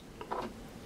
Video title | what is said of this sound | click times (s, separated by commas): Marvel Legends Infinite Series Captain America Winter Soldier | That it's actually it's a nice snap. It's one of those satisfying snap that it's in there. | 0.3 s